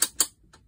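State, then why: Seated. The parking brake lever on a van chassis is lifted to re-engage it, and its ratchet gives two sharp clicks at 0.0 s and 0.2 s as it locks into the engaged position. A much fainter tick follows at about 0.5 s. The brake is seated and on.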